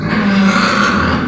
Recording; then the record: squeal of a Yucatan mini pig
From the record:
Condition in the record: after surgery on the right vocal fold (resection and tissue-engineered implant); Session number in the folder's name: 15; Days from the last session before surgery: 175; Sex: female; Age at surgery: 19 weeks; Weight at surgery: 25 kg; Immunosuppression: prednisolone